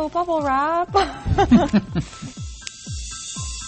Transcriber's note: laughter